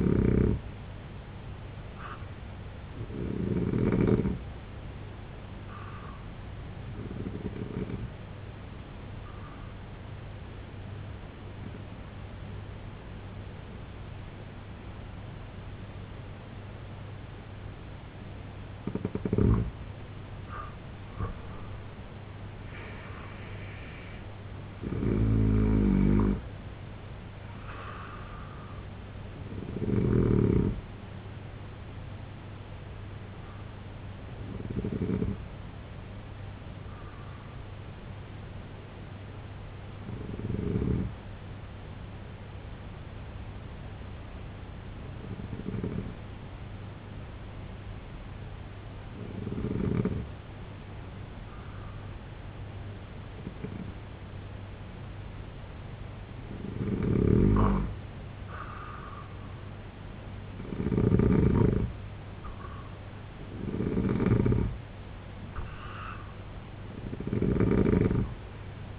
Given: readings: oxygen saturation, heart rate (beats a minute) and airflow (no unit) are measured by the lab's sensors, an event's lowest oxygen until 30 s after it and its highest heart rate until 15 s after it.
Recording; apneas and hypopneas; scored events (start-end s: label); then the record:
breathing in sleep by a voice recorder at the bedside; 2
6.00-20.10 s: hypopnea (N2, oxygen 92% highest, then 86% lowest, heart rate 75 at the start, 87 highest)
20.00-50.00 s: new sleep stage, N1 (lightest sleep)
33.00-57.40 s: hypopnea (N1, oxygen 95% highest, then 89% lowest, heart rate 68 at the start, 80 highest)
50.00-68.99 s: new sleep stage, N2 (light sleep)
From the record:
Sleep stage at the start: N2 (light sleep); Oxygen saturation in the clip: 86 to 95%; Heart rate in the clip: 64 to 87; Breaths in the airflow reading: 16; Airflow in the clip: -9.8 to 7.8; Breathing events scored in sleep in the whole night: 258 in 7.4 hours asleep